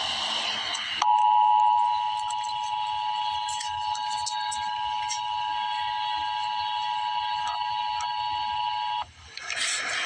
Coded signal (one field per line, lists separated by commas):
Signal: Emergency Alert System (SAME) tones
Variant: 853 and 960 Hz attention tone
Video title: Emergency Alert System - Severe Thunderstorm Warning - May 19, 2026 at 6:25 PM EDT